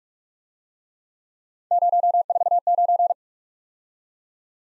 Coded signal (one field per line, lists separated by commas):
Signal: Morse code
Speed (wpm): 51 wpm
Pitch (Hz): 700 Hz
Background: none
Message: 049